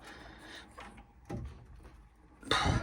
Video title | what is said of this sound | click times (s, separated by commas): A Mysterious Leak #plumber | Should just hear it locking, he says. Like | 2.5 s